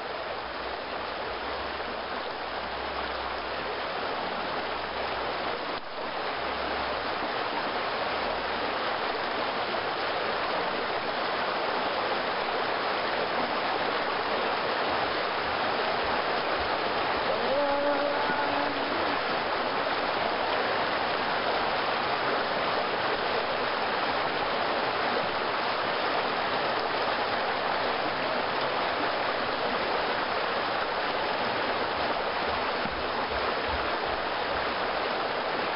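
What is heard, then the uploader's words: Water runs steadily through a canal, a dense, even rush with a bright hiss on top and little change across the whole span. A faint voice or tone surfaces briefly around the middle, and a low rumble comes and goes early on beneath the flow. Flowing water in canals. Water flowing by in the canals of the Old Town section of Lijiang, China.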